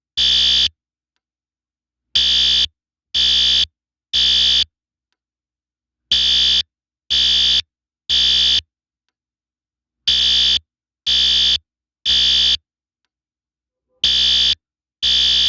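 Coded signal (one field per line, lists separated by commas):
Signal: alarm pattern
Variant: electronic horn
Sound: harsh buzzing horn sounding three half-second blasts, pause, repeating four times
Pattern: temporal three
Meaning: Temporal-3 pattern signals fire evacuation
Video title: System Sensor L Series Temporal Code 3 Fire Alarm Sound Effect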